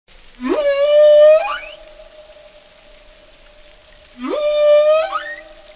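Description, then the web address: Whale song, two matching calls about four seconds apart, each a quick upward sweep into a steady ringing tone that ends with a brief rising flourish. "ballenas y orcas cantos canto ballena"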